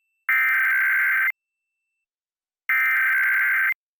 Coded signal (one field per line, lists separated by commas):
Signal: Emergency Alert System (SAME) tones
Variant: header bursts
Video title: 2021 National Periodic EAS Test - EAS 65-70